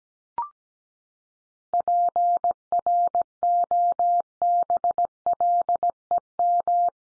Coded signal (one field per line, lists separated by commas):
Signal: Morse code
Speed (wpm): 17 wpm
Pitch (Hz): 700 Hz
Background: none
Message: PROBLEM